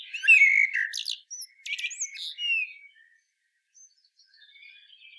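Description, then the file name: Common blackbird song: a phrase of warbled and thin, squeaky high notes, then fading to faint, scattered high twitters. "Turdus merula"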